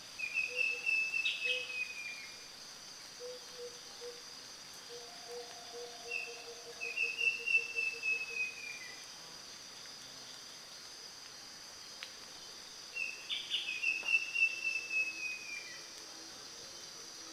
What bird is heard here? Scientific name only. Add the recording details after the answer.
Halcyon malimbica. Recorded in Kibale, Uganda